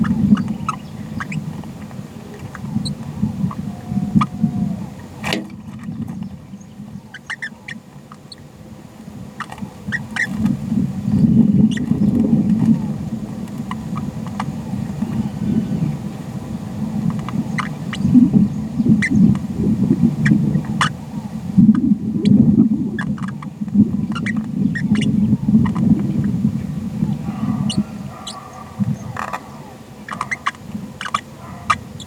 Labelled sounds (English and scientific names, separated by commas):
Green-rumped Parrotlet (Forpus passerinus) babbling